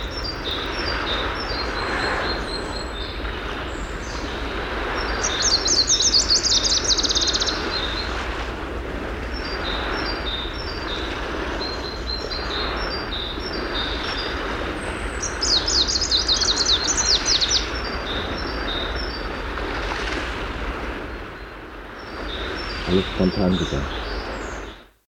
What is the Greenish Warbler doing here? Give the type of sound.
song